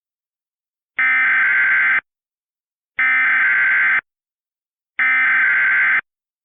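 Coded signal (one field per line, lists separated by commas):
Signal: Emergency Alert System (SAME) tones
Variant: header bursts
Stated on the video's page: Remake recreating 2005 Hurricane Dennis extreme wind warnings embedded in tornado warnings, using valid EAS tones.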